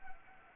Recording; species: mosquito wingbeat signal from an infrared sensor; Anopheles arabiensis